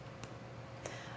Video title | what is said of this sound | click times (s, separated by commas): Diamonique Round Cut Bezel Set Tennis Bracelet Sterling Silver on QVC | so that's how the bracelet works and it locks into place right just like that | 0.2 s, 0.9 s